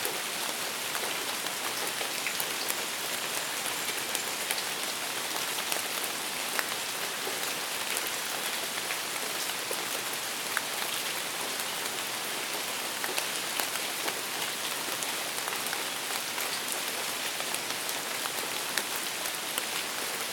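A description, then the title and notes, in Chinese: Steady rain falls throughout, a dense, bright hiss of drops with frequent patters on a surface, no other sounds. 纯自然声、雨声助眠音频（无雷声、人声）。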